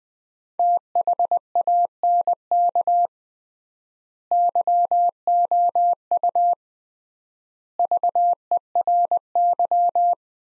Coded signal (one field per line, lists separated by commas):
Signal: Morse code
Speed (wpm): 20 wpm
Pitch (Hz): 700 Hz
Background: none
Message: THANK YOU VERY